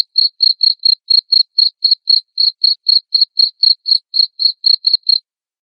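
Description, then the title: Cricket chirps, high and clear, repeated rapidly at about four per second, stopping shortly before the end; background silent. Loud cricket chirping (ngerik) played to make lovebirds sing continuously (ngekek). "Suara JANGKRIK NGERIK Keras Bikin LOVEBIRD Jadi NGEKEK Terus Vubey"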